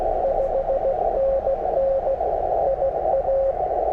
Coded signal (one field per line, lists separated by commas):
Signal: Morse code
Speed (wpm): 17 wpm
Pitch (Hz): 550 Hz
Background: radio noise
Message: 5NN IA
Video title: CW POTA with my new N0SA M7! | #cw #morsecode #parksontheair